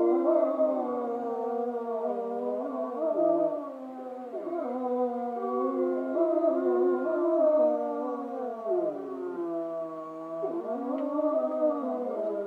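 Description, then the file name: Gray wolf: wolves howling in a group, overlapping wavering tones that dip and climb repeatedly, with short swooping slides breaking the sustained notes. Wolves recorded in Schorfheide, Germany, on 29 October 2015. "Wölfe Schorfheide"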